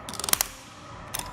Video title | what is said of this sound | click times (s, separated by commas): etrailer - How to Set Up Your Yakima RidgeLine Roof Rack for Flush Rails on a 2018 Toyota RAV4 | so you hear those clicks and then we'll get this loosely tighten around our factory | 0.3 s, 0.4 s